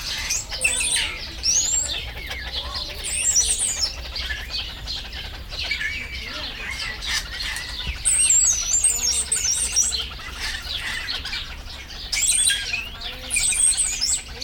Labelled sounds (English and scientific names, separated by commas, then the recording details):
Wattled Starling (Creatophora cinerea)
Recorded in captivity
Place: Zoo Berlin, Berlin, DE
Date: 1996-04-27 18:17
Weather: heiter, 17°C
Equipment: Sony MD-WM MZ-R3, Sennheiser MKH 416 T, Kopie Uher 4000 Report Monitor
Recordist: Tembrock, Günter